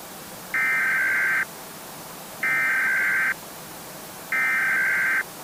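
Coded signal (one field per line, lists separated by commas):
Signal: Emergency Alert System (SAME) tones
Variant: header bursts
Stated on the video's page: Fictional Emergency Alert System scenario with SAME tones, about the "You are an idiot" virus returning.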